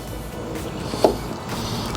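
A plastic blind nut, spread out a little with a screwdriver, is pushed into a mounting hole in a vehicle tailgate over a steady background hum. It snaps into place with a single faint, short click at 1.1 s, and the blind nut is seated.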